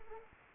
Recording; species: mosquito wingbeat signal from an infrared sensor; Anopheles arabiensis